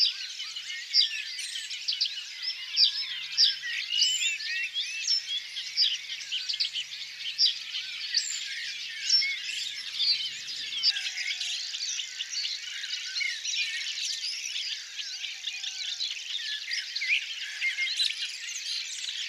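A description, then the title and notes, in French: A marsh waking at dawn, filled with dense, overlapping bird chirps and calls, bright and continuous, with a steady high insect-like hiss throughout. Ambiance - Reveil d'un marais. Marais de Pondron - Oise. Le Bruant des roseaux (Emberiza schoeniclus), la Locustelle tachetée (Locustella naevia) qui mouline, la Rousserolle effarvatte (Acrocephalus scirpaceus) qui murmure, le Merle noir (Turdus merula) et bien d'autres.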